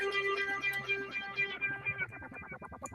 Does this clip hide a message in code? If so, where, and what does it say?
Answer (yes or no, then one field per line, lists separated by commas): no